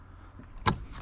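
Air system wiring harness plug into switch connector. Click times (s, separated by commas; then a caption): 0.7 s. A supplied wiring harness plug for an onboard air system is pushed into the switch or controller connector on a Jeep. Over quiet low background noise, a single sharp click sounds at 0.7 s as the plug seats.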